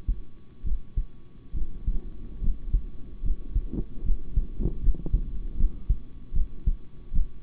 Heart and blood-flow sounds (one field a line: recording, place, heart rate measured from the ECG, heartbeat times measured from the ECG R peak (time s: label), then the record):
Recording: heart sounds by stethoscope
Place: between the tricuspid and mitral areas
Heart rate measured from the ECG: 74 bpm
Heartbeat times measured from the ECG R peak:
0.63 s: heartbeat
1.53 s: heartbeat
2.40 s: heartbeat
3.22 s: heartbeat
4.03 s: heartbeat
4.80 s: heartbeat
5.56 s: heartbeat
6.32 s: heartbeat
7.12 s: heartbeat
From the record:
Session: rest, sitting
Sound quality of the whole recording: good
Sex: male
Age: 26 years